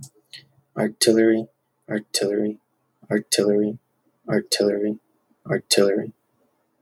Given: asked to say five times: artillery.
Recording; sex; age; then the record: repeated word; male; 40 to 49 years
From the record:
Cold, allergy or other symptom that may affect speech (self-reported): no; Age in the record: 40 years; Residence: California, United States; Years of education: 16